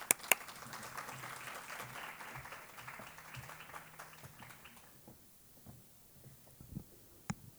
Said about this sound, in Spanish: Muchas gracias y un aplauso a ella.